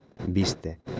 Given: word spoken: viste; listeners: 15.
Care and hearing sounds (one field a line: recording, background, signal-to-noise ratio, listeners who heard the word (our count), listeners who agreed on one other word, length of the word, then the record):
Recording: one Spanish word in noise, from a listening test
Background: noise modulated by one talker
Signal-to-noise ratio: 7.8 dB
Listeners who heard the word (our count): 4 of 15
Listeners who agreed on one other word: 10 of 15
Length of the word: 0.60 s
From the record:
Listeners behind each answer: 10, 4, 1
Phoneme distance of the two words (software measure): 10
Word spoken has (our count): 2 syllables, 5 phonemes, stress on syllable 1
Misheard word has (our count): 2 syllables, 5 phonemes, stress on syllable 1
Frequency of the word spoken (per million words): 13.41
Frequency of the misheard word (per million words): 3.07